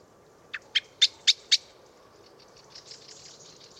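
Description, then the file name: Common blackbird giving five sharp, clicking chink calls in quick, even succession, then faint high twittering notes. "Turdus merula"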